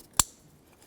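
A plastic wiring harness retaining clip is pressed into its hole on an engine bracket of a 2007-2017 Ford Expedition during a passenger-side valve cover replacement. A single sharp, bright snap sounds at 0.2 s, followed by near silence. The clip seats firmly in its mount.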